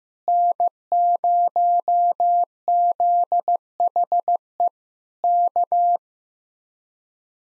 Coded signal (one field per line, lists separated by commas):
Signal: Morse code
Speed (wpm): 15 wpm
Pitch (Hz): 700 Hz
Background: none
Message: N0ZHE K